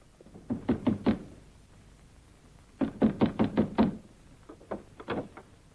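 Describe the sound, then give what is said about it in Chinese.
Three bursts of sharp, hollow knocking on the wooden door of the house of Yang Laozong, a traitor landlord hiding in the city, each a quick run of about five raps, separated by short pauses; the last burst is a little softer. No voices. “趁城里敌人正乱作一团，李向阳仍然穿着日军服装，和同志们来到躲进城里的汉奸地主杨老宗家门前。”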